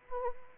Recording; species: mosquito wingbeat signal from an infrared sensor; Anopheles arabiensis